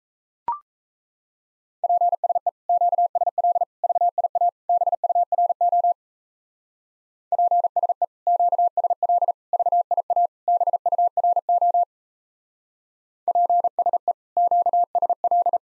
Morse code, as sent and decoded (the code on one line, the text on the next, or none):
.--. ... . / --.- ... .-.. / ...- .. .- / -... ..- .-. --- / .--. ... . / --.- ... .-.. / ...- .. .- / -... ..- .-. --- / .--. ... . / --.- ... .-..
PSE QSL VIA BURO PSE QSL VIA BURO PSE QSL